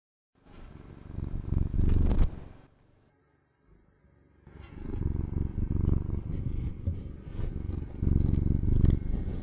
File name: torre tabby cat purr